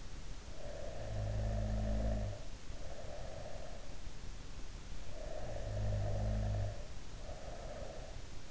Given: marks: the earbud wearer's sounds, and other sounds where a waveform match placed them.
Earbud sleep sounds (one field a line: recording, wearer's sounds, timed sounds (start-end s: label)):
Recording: sounds in sleep by an in-ear microphone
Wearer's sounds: snoring breath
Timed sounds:
0.00-4.14 s: snoring breath
5.05-8.22 s: snoring breath